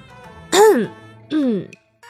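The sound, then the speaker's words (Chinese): A voice clears its throat twice in quick succession, two short, voiced, fairly loud "ahem"-like grunts whose pitch rises and then falls, with a brief gap between them. “顿了顿，清清嗓子，老调重弹。”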